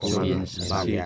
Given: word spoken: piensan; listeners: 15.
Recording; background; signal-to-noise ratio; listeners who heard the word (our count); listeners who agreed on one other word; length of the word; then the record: one Spanish word in noise, from a listening test; four-talker babble; -2.6 dB; 0 of 15; 6 of 15; 0.66 s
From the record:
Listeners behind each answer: 6, 4, 1, 1, 1, 1, 1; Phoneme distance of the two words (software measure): 10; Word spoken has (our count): 2 syllables, 7 phonemes, stress on syllable 1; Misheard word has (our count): 2 syllables, 7 phonemes, stress on syllable 1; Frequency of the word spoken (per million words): 22.54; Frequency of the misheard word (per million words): 8.94